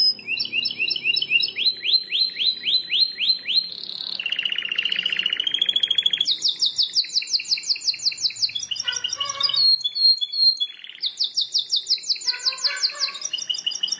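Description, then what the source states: Plain Prinia: small songbird singing a fast, varied high song of repeated downslurred chirps, buzzy trills and rapid ticking series. Used for training cage birds.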